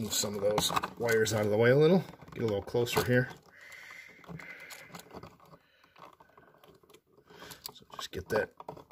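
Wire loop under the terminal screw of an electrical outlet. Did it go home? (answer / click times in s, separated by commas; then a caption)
no / none. Someone talks while moving wires aside and looping a black wire to feed it under the terminal screw of an electrical wall outlet. Speech fills the first few seconds, followed by quieter rustling and faint handling ticks. The wire loop is still being handled, and nothing has seated or clicked yet.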